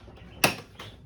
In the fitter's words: close the dishwasher listen for the click